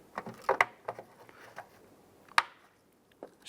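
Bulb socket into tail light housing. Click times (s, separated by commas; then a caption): 2.4 s. A tail light bulb socket on a 2010-2016 Cadillac SRX has its notches lined up with the tail light housing and is turned until it locks, with a few light handling knocks and taps in the first second and a half. At 2.4 s it gives a sharp, loud pop as it seats into place, followed by quieter faint rustles.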